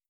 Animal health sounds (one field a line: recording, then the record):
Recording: hydrophone in a shrimp aquaculture tank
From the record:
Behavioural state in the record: starved